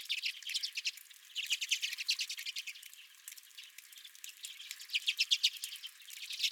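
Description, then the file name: Redpoll chatter, many overlapping high twitters and trills in waves, with a quieter stretch midway and a loud cluster near the end. Several redpolls at the recordist's feeder. "Redpolls at My Feeder"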